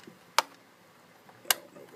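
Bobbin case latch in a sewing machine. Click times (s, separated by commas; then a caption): 0.4 s, 1.5 s. Two small bobbin case latches on an old Kenmore Ultra Stitch sewing machine are flipped over one at a time, each giving a sharp click as it seats, at 0.4 s and 1.5 s. Between the clicks there is only faint background noise, and both latches end up clicked into place.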